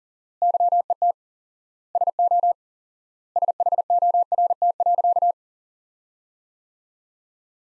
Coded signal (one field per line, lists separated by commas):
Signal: Morse code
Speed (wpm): 40 wpm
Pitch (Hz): 700 Hz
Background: none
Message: YET SO SHORT.